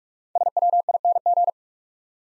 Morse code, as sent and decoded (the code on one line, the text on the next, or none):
... .-- .. -. --.
SWING